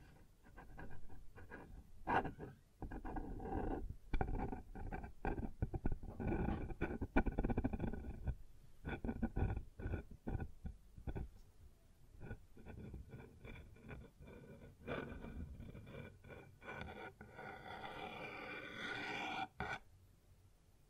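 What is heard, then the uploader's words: Sounds on a wooden surface: a busy, uneven stream of knocks, scrapes and taps with barely a pause throughout. The sound is mostly low and dull, with sharp clicks cutting in, and a brighter scraping rub near the end around seventeen to twenty seconds. ASMR Sounds on Wooden Surface (No Talking).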